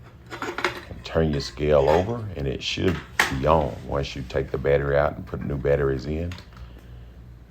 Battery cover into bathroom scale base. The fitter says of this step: on the spring part and then what you do is just put your cover back on and a click into place